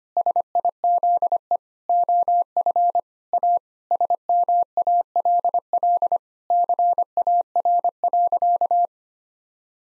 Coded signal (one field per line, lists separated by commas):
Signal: Morse code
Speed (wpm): 25 wpm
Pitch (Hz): 700 Hz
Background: none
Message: SIZE OF A SMALL CAR.